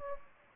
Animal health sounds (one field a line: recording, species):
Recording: mosquito wingbeat signal from an infrared sensor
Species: Anopheles gambiae